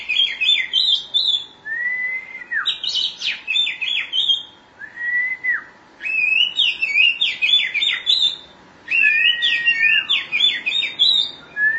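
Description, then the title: Oriental magpie-robin song: long clear whistles dropping at the end, alternating with bursts of rapid, jumbled high notes, phrases repeated every few seconds with brief pauses. Chirping song (kicauan) of the bird. "Suara Kicauan Burung Kacer Durasi Panjang"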